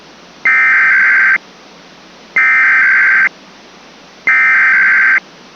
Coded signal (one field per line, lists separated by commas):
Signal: Emergency Alert System (SAME) tones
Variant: header bursts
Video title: [RECREATIONAL EAS] required weeklies